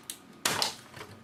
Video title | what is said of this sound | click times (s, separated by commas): PowerMac G4 MDD Upgrade (Part 1) | there you go snap into place | 0.5 s